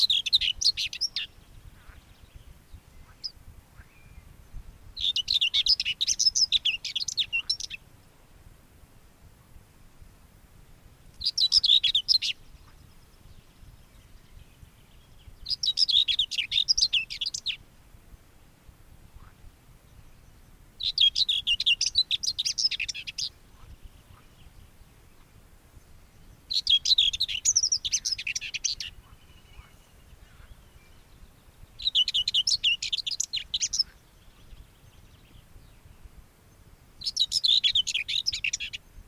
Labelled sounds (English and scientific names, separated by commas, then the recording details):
Common Whitethroat (Sylvia communis) song
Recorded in the wild
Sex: male
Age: adult
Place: Röttenbach, Bayern, DE
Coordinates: 49.6683, 10.9244
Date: 1961-06-15
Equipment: Stellavox SM 4, Original, Vollspur, langes Kabel
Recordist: Tretzel, Erwin
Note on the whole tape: "Röttenbach A": Männchen: Gesang